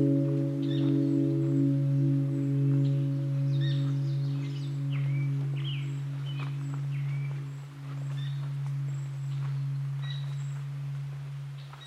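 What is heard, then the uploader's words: Outdoors on a marsh trail in Banff National Park, a loud steady low hum runs through the whole recording, with a few higher droning tones that drop out partway. Over it, scattered birds chirp and whistle in short, bright calls at irregular moments. Banff National Park, Canada on The Banff Cave and Basin Marsh Trail.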